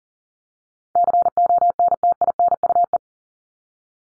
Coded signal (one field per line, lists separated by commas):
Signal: Morse code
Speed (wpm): 40 wpm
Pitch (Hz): 700 Hz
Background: none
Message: CONTINUE